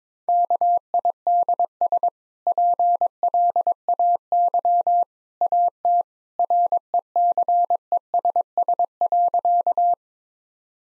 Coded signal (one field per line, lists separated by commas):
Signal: Morse code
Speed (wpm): 22 wpm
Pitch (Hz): 700 Hz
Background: none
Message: KIDS PLAY AT RECESS.